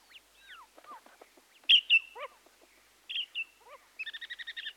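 Birds calling with assorted whistled slurs and sharp chirps, then a fast run of buzzy repeated notes at the end.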